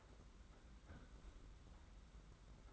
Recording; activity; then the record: daily activity, microphone in the room; close fridge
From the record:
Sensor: 3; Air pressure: 991.8 hPa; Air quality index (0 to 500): 215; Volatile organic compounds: 1000 ppm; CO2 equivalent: 7361 ppm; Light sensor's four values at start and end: 33/96/39/33 and 32/96/39/33